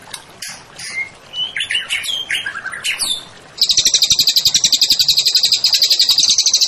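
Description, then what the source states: White-rumped shama song: varied clear whistled phrases, rising and falling, for about three seconds, then a loud, fast, buzzy high trill takes over. Masteran song-tutoring recording of a champion white-rumped shama, used to train songbirds.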